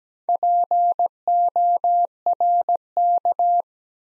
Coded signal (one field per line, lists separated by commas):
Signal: Morse code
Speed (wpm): 17 wpm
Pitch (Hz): 700 Hz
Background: none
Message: PORK